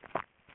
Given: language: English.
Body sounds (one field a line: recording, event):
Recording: throat vibration sensor signal played as sound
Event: swallow